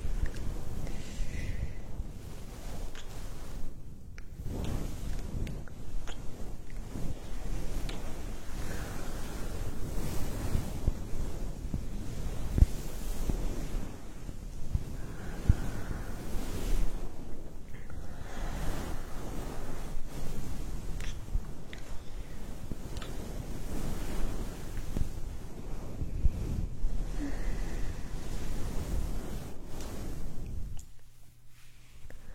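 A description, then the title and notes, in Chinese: Ear massage with continuous muffled rubbing and brushing, low and dense in slow surging strokes, briefly easing around 4 and 19 seconds before stopping near 31. 按摩耳朵刺激大脑。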